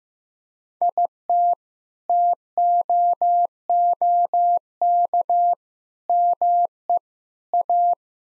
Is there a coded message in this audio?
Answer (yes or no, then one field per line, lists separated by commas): yes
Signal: Morse code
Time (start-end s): 0.8-7.9 s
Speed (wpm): 15 wpm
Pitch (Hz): 700 Hz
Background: none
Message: IT TOOK ME A